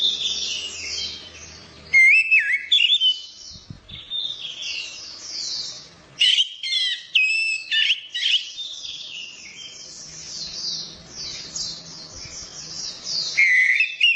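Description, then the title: Orange-headed thrush song: several loud whistled phrases with sliding and warbled notes, broken by short pauses, over rapid high chattering notes. Kicau mania songbird-hobby bird, called a champion, described as gacor (singing persistently), teler and doyong in style. "Kicau Mania Suara Burung Anis Merah Gacor Teler Doyorng Juara"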